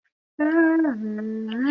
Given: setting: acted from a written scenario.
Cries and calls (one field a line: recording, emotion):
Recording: vocal sound without words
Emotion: serenity